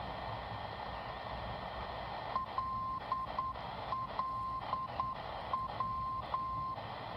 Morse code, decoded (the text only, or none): LLW